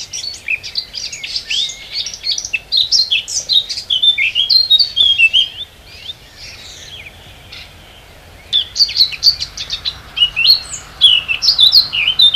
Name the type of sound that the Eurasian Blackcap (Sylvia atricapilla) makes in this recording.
song